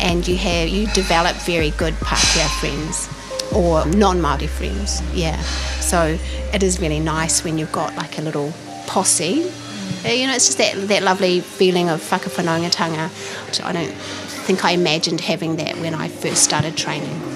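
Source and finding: Adult speaker. Normal voice.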